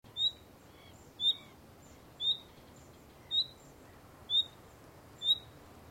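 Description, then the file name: Common nightingale call: six sharp, high whistled notes spaced roughly a second apart, with a few soft, faint chirps between them. "Luscinia megarhynchos"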